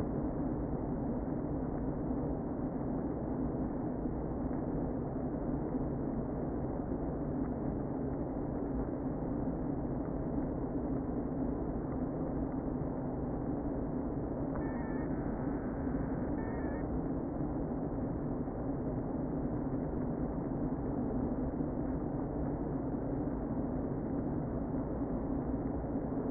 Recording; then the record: honeybee colony, microphone inside the hive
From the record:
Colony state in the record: queen present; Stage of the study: before two queens were removed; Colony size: about 60,000 bees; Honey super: yes